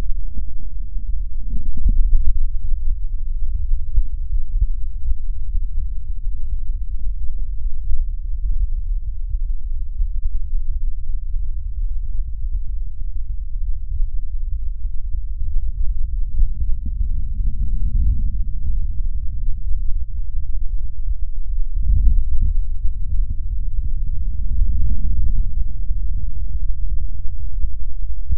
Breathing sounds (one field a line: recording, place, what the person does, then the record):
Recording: lung sounds by stethoscope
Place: left posterior apical chest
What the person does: quiet breathing, then deep breathing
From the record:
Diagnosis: none (healthy)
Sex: male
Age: 23 years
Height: 185 cm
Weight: 93 kg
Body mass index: 27.2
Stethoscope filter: bell mode